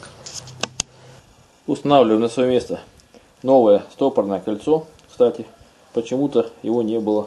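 A new steel retaining ring (circlip) is fitted into the groove in the wheel hub bore of a Chery QQ to hold the pressed-in wheel bearing, and two sharp, loud metallic hits ring out at 0.6 and 0.8 seconds as it snaps into place and seats. Someone then talks for the rest of the clip.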